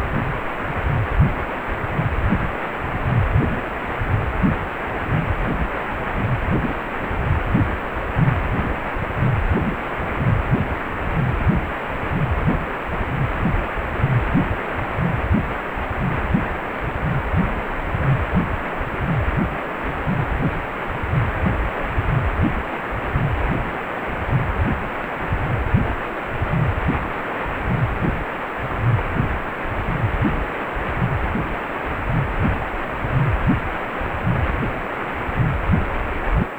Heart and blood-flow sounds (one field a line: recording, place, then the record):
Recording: Doppler ultrasound of blood flow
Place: precordium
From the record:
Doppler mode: pulsed wave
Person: healthy adult, 18 to 50 years, no heart murmur, not diving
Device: 2.5 MHz transducer